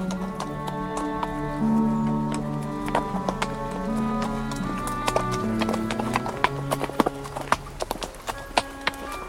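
Horse hooves clip-clop at a steady walking rhythm, sharp hollow knocks repeating over a sustained, low tonal drone that runs through the whole stretch.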